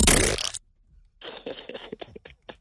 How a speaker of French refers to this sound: Tu veux que je te fasse un pet de fouf? Ah, vas-y. Ça, j'arrive à les faire sur commande, ça amuse beaucoup mes amis. On fait ça dans les soirées qu'on est un peu pété. Et hop, un pet de fouf.